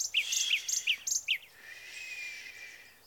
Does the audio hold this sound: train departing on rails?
no